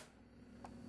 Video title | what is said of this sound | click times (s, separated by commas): RAP4 Mil-Sim paintball marker | insert the magazine, and you want to seat it pretty tightly until you hear a snap. | 0.7 s